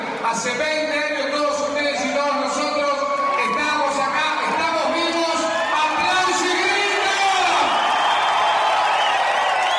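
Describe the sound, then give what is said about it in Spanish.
A crowd of many overlapping voices shouts and cheers, recorded live at the opening of a nightclub during a 2003 tribute party. A loud continuous roar of whoops and calls swells toward the end. “Y estamos escuchando en La Maja, en vivo, lo que fue la apertura del boliche en la fiesta tributo del 2003.”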